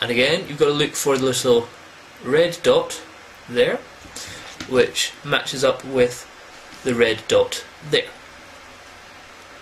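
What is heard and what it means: A Nikon lens fitted with a Kawa adapter is lined up with a Canon DSLR body mount by matching the adapter's red dot to the red dot on the camera body, while someone talks. Between the spoken phrases there is only a low, steady background hiss. The lens has not yet been placed on or twisted home, and nothing has seated or clicked yet.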